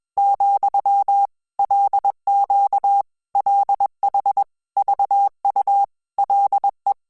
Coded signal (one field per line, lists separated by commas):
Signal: Morse code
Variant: Korean alphabet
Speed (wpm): 21 wpm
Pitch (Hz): 800 Hz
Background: none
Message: , 개 구 리 가